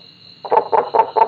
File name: Rana kuhlii